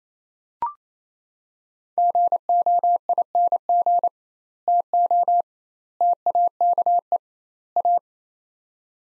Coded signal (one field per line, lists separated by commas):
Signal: Morse code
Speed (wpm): 28 wpm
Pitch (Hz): 700 Hz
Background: none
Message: GOING TO TAKE A